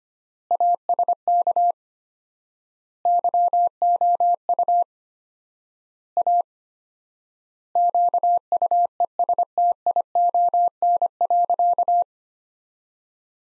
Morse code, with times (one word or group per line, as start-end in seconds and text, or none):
0.5-1.7 ASK
3.1-4.8 YOU
6.2-6.4 A
7.8-12.0 QUESTION.